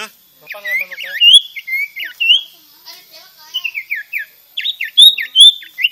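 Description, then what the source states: Sirtu song of bright whistled phrases and quick down-slurred notes in bursts separated by brief pauses, some notes rising then falling. Vigorous, energetic singing in the style called gacor.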